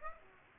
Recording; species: mosquito wingbeat signal from an infrared sensor; Aedes aegypti